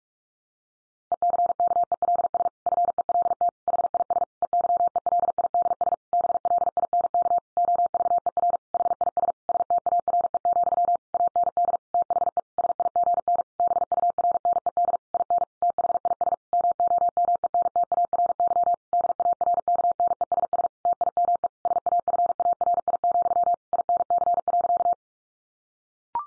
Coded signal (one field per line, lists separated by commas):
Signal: Morse code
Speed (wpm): 44 wpm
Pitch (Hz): 700 Hz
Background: none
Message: ECKELS FELT HIS EYELIDS BLINK OVER HIS STARE, AND THE SIGN BURNED IN THIS MOMENTARY DARKNESS TIME SAFARI, INC.